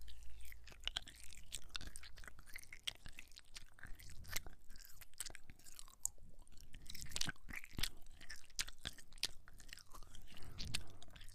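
Chocolate lolly, sweets and sprinkles being eaten, with dense, continuous chewing and sharp crunchy bites scattered throughout. Crisp clicks and crackles come irregularly every fraction of a second, with stronger bites near four, seven and nine seconds, over a low, steady rumble.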